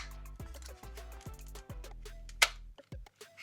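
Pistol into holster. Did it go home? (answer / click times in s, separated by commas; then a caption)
yes / 2.4 s. A Glock 19 Gen 6 pistol is pushed into a second polymer holster over steady background music. A sharp click at 2.4 s marks the pistol seating into the holster's retention.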